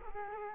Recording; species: mosquito wingbeat signal from an infrared sensor; Culex quinquefasciatus